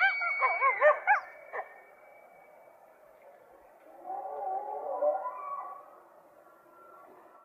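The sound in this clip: Coyote yips, a quick burst of high, wavering yelps in the first second and a half, then a fainter, drawn-out wavering howl trailing off.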